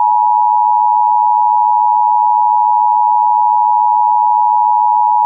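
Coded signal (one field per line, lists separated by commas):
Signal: Emergency Alert System (SAME) tones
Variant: 853 and 960 Hz attention tone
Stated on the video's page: Required weekly test for Nevada.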